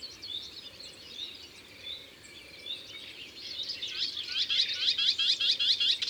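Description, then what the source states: Melodious warbler's chattering warble that quickens into a run of repeated bright slurred notes near the end, over a steady background hiss. Recorded in Ardèche.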